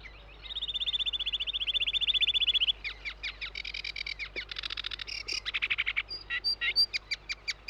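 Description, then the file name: Sedge Warbler song, a long rapid stuttering trill followed by varied harsh chattering notes, grating buzzes and high whistles. "De Vogels - Rietzanger"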